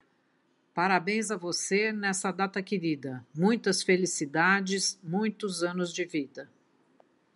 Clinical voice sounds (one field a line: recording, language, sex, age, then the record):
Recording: short text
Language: Brazilian Portuguese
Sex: female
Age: 60 to 69 years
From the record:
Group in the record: control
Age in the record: 67 years